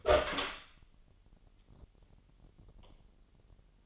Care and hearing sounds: daily activity, microphone in the room; open door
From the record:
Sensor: 4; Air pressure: 999.1 hPa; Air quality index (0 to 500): 117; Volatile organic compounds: 2 ppm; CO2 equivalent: 1157 ppm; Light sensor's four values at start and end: 13/30/12/13 and 13/32/13/14

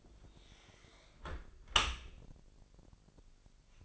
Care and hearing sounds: daily activity, microphone in the room; close dishwasher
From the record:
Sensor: 5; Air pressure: 1000.7 hPa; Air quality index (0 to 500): 248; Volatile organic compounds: 35 ppm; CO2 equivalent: 3055 ppm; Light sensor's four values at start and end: 31/71/28/26 and 31/71/28/27

